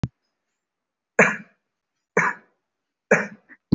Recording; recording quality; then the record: heavy voluntary cough; excellent, no background noise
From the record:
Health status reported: recovered from COVID-19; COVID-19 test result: positive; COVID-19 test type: RT-PCR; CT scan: not taken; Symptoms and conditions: cough, cold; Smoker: no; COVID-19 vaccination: one dose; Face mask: worn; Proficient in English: yes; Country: India